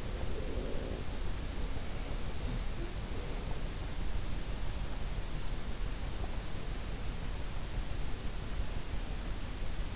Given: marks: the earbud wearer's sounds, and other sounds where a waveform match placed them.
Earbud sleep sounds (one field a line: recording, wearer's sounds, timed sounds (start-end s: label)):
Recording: sounds in sleep by an in-ear microphone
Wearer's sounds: breath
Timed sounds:
0.00-3.88 s: breath